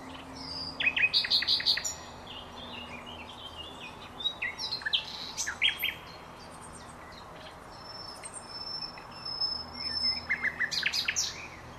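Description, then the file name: Common nightingale song: rapid repeated note bursts, sharp whistles and chirps in varied phrases with pauses, against soft background noise. "Luscinia megarhynchos"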